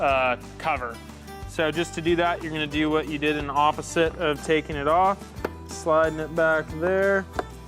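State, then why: Not seated. A plastic fuse box cover is slid back into position on the fuse box of a 2014-2024 Toyota 4Runner, reinstalled after an add-a-fuse tap for LED grille lights. Someone talks over background music with guitar. The cover has not clicked or seated yet by the end of the clip.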